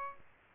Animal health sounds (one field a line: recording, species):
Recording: mosquito wingbeat signal from an infrared sensor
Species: Aedes albopictus